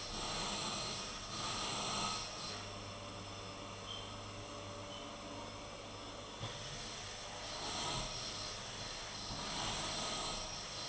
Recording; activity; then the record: daily activity, microphone in the room; vacuum cleaning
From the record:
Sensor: 4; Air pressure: 991.8 hPa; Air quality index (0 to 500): 113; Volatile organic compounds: 20 ppm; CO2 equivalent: 2690 ppm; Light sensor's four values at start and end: 19/63/23/24 and 19/63/23/24